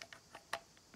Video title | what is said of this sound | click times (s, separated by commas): Guirlande Lumineuse Solaire Extérieure 20M 200 LEDs A Télécommande, BELLE GUIRLANDE LUMINEUSE SOLAIR | Là, voilà, ils viennent se clipser. | 0.5 s